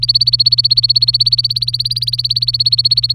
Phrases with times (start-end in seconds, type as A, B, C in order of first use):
0.00-3.13 A